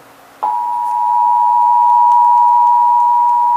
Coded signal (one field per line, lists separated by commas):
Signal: Emergency Alert System (SAME) tones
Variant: 853 and 960 Hz attention tone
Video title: (EAS #1,067-1,070) May 2026 Texas Required Monthly Test